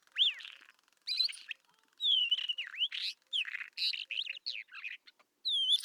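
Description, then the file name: Isabelline Wheatear song, a fast varied run of clear whistles, sweeping rising and falling notes and harsh buzzy chatter, almost without pause; faint low pulsing notes beneath. Recorded at Telmen Nuur, Mongolia. "isawheat mng telmen-nuur"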